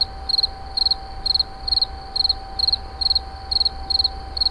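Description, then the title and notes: Insect chirps in quick pulsed bursts, each of several pulses, recurring about twice per second above a steady hum and low background noise. Recorded in 2011 at Moulins-sur-Allier, near a wastewater treatment plant. "Insect near WWTP. 2011, Moulins sur allier"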